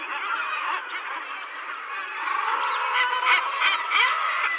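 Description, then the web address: Guillemot colony noise, a steady wall of overlapping rough, braying calls from many birds, with brief louder bursts standing out. "Schulze Peter Guillemot"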